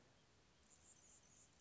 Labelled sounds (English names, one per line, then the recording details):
Anna's Hummingbird
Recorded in Sonoma County, California